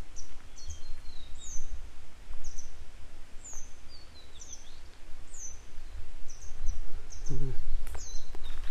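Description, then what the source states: Grey wagtail giving high chirps and falling whistled notes at an uneven pace, with a brief lower sound near the end and a low rumble throughout. A pair of grey wagtail parents still searching for their young today; follow-up report.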